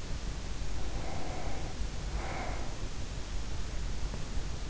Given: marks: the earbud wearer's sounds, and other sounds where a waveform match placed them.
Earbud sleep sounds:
sounds in sleep by an in-ear microphone; breath
0.47-3.19 s: breath

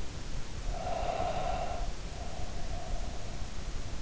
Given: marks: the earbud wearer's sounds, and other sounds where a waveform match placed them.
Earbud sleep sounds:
sounds in sleep by an in-ear microphone; breath
0.42-3.65 s: breath

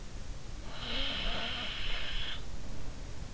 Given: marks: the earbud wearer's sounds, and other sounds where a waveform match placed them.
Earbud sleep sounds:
sounds in sleep by an in-ear microphone; snoring breath
0.74-3.33 s: snoring breath

